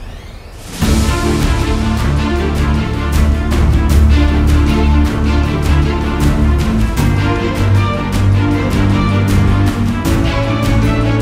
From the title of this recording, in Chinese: 史詩音樂配合風雪的聲音